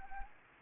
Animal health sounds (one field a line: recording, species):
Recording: mosquito wingbeat signal from an infrared sensor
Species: Anopheles gambiae